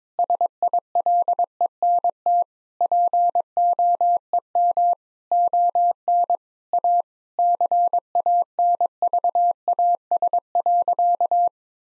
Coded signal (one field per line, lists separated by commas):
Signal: Morse code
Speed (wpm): 22 wpm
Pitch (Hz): 700 Hz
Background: none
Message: SILENT POEM ON A CANVAS.